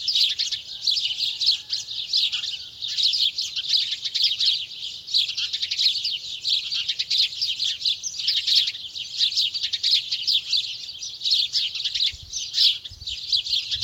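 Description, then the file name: House sparrow chirping, a dense, almost continuous chatter of short chirps throughout. "Passer domesticus"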